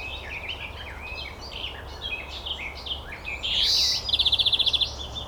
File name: Chloris chloris